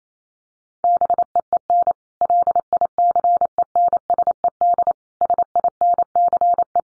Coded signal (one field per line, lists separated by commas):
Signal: Morse code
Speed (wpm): 28 wpm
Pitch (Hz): 700 Hz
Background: none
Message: BEEN LICENSED SINCE